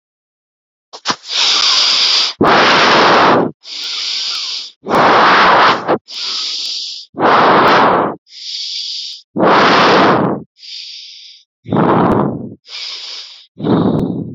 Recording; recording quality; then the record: deep breathing; excellent, no background noise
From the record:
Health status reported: COVID-19 positive, mild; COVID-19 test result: positive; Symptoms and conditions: cold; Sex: male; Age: 26 years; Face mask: not worn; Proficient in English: yes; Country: India